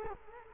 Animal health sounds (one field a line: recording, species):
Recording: mosquito wingbeat signal from an infrared sensor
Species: Culex quinquefasciatus